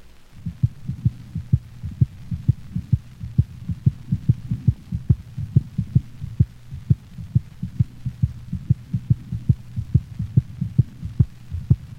Second heart sound is shorter and of higher frequency than the first sound. It is best heard over the pulmonic valve. A normal dog's heart sounds recorded over the pulmonic valve.